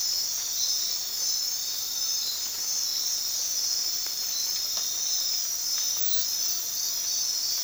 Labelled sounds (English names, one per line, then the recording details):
none
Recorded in dense forest near Puerto Asís, Putumayo, Colombia, on 18 February 2024 at 02:00
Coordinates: 0.466, -76.327
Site G6413